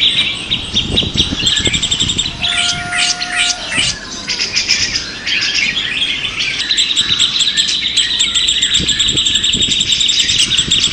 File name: audio simulasi lomba cucak jenggot trio omkicau